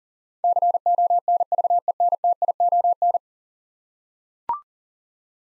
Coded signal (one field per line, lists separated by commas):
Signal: Morse code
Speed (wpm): 40 wpm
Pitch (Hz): 700 Hz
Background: none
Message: CONVENTION